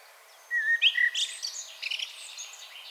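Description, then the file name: Common blackbird gives a brief phrase: a couple of clear fluted notes running straight into thin, rapid, squeaky twittering. "Turdus merula"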